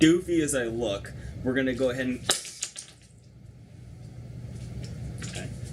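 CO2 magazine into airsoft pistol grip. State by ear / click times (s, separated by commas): partly seated / 2.6 s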